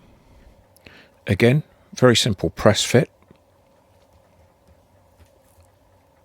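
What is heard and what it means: A replacement metal-wheeled wheelset for a Bachmann model railway locomotive is handled at the plastic bogie frame, ready to be pressed back into its press-fit axle slots. Someone talks over a few faint handling ticks against a low steady hum. Nothing has seated or clicked into place yet.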